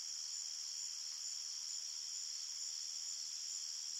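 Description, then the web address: Crickets trilling, a steady high-pitched shimmering chorus holding constant for the whole moment. Crickets at night in an open field, at medium-far distance. "Big Room Sound Crickets"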